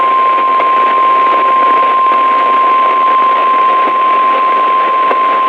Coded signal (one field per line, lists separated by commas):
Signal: Emergency Alert System (SAME) tones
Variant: 1050 Hz attention tone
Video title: 50 SHADES OF GRAY MAINE... Severe Weather EAS Alerts from August 4th-5th, 2024 (EAS #1,270-1,316)